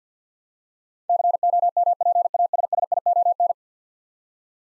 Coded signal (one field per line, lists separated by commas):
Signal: Morse code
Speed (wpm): 50 wpm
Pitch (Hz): 700 Hz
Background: none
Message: COMPASSION